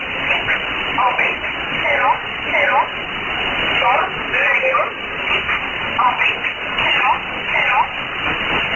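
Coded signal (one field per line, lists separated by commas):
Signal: numbers station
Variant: E11 Oblique, English voice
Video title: 02 06 2018 E11 Oblique Numbers station in English to Eu 1710 on 6480 unknown tx site in USB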